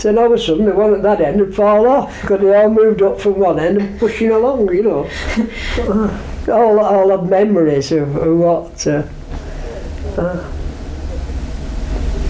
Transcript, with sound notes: So, all of a sudden, the one at that end would fall off. 'Cause they all moved up from one end and push you along, you know. [laughs] All have, all have memories of what eh, ah.